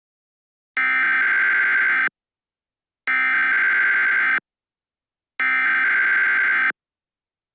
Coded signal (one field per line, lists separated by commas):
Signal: Emergency Alert System (SAME) tones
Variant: header bursts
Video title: Duke Energy Terror | An EAS Scenario